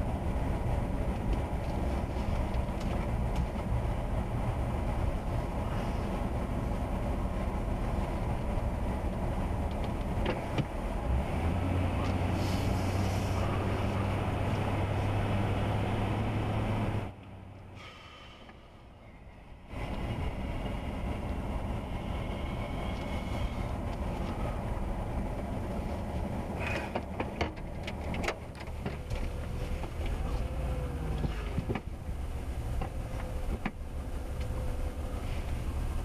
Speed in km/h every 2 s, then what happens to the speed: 11, 8, 10, 10, 5, 6, 16, 18, 23, 18, 13, 10, 3, 0, 0, 2, 2, 2.
0-10 steady at about 8. 10-17 speeds up to 23. 17-25 slows to 0. 25-36 standing.